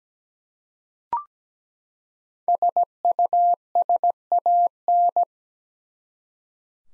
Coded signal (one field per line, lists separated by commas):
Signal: Morse code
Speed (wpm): 17 wpm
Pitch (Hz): 700 Hz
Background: none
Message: SUSAN